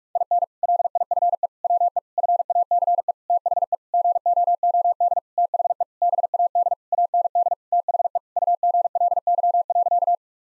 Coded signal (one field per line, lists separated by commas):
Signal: Morse code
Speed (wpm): 46 wpm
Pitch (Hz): 700 Hz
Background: none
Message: IN LIFE WE FACE THE GOOD THE BAD AND THE UGLY.